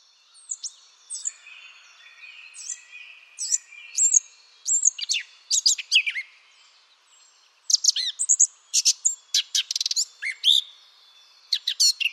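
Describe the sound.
Eurasian blackcap singing in separate phrases: soft scratchy notes first, then louder varied whistles, a pause near seven seconds, and a fast bright burst of notes.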